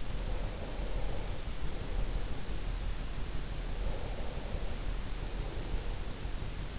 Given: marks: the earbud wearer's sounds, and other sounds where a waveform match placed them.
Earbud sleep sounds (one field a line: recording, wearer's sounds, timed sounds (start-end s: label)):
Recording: sounds in sleep by an in-ear microphone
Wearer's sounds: breath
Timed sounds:
0.00-2.55 s: breath
3.58-6.27 s: breath